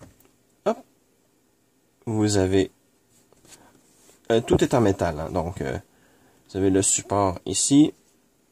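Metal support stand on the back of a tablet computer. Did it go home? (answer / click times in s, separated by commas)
no / none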